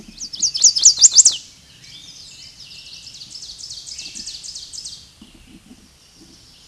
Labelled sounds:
Ovenbird (Seiurus aurocapilla) song
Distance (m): 25 m
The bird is about level with the microphone
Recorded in a Pennsylvania forest on 16 May 2024 at 06:53
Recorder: AudioMoth, point MSD-2166
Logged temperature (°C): 16.3 °C
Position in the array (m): 137 m, 8 m

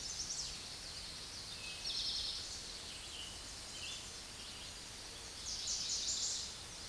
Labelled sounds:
Eastern Towhee (Pipilo erythrophthalmus) song
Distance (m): 40 m
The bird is about 5 m above the microphone
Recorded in a Pennsylvania forest on 16 May 2024 at 06:07
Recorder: AudioMoth, point MSD-0475
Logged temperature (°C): 12.3 °C
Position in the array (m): 110 m, 7 m

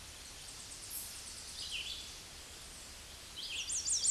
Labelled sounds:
Red-eyed Vireo (Vireo olivaceus) song
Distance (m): 20 m
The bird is about 15 m above the microphone
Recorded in a Pennsylvania forest on 16 May 2024 at 08:17
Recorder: AudioMoth, point MSD-0079
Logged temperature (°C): 16.1 °C
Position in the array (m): 166 m, 69 m

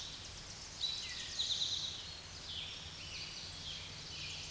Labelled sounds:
Eastern Towhee (Pipilo erythrophthalmus) song
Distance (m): 35 m
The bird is about 5 m above the microphone
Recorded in a Pennsylvania forest on 16 May 2024 at 06:31
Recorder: AudioMoth, point MSD-1338
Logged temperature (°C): 12.6 °C
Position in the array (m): 93 m, 13 m

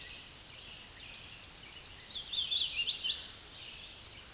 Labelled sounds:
Hooded Warbler (Setophaga citrina) song
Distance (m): 20 m
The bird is about 5 m above the microphone
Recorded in a Pennsylvania forest on 16 May 2024 at 08:18
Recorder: AudioMoth, point MSD-2478
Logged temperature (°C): 15.6 °C
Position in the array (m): 55 m, 173 m

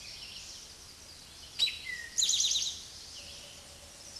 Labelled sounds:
Eastern Towhee (Pipilo erythrophthalmus) song
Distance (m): 5 m
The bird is about level with the microphone
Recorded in a Pennsylvania forest on 16 May 2024 at 06:07
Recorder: AudioMoth, point MSD-2166
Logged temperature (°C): 16.3 °C
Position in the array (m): 109 m, 6 m

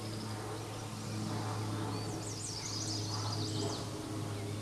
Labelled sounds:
Chestnut-sided Warbler (Setophaga pensylvanica) song
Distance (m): 40 m
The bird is about 5 m above the microphone
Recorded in a Pennsylvania forest on 16 May 2024 at 09:24
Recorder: AudioMoth, point MSD-0438
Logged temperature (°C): 14.5 °C
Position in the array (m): 83 m, 62 m

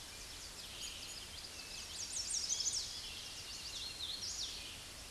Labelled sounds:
Hooded Warbler (Setophaga citrina) song
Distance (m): 40 m
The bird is about 15 m above the microphone
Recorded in a Pennsylvania forest on 16 May 2024 at 07:09
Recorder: AudioMoth, point MSD-0079
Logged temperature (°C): 16.1 °C
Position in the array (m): 149 m, 116 m

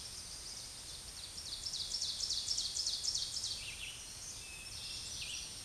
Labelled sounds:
Ovenbird (Seiurus aurocapilla) song
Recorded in a Pennsylvania forest on 16 May 2024 at 07:49
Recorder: AudioMoth, point MSD-2083
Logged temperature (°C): 16.7 °C
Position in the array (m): 108 m, -5 m

